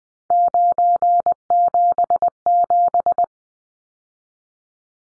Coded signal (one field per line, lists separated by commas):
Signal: Morse code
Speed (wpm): 20 wpm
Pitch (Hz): 700 Hz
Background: none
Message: 977